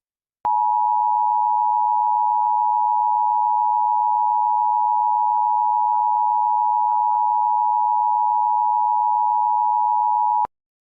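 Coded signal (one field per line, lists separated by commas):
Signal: Emergency Alert System (SAME) tones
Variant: 853 and 960 Hz attention tone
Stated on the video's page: Fictional EAS scenario.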